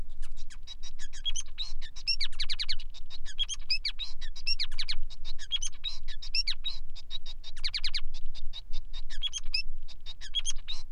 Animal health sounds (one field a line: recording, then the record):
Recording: song of a male Bengalese finch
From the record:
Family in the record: son of father 5